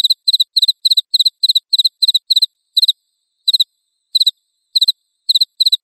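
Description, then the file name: Cricket giving high pulsed chirps, a quick regular series at first that slows into irregular, widely spaced chirps with pauses. "jangkrik"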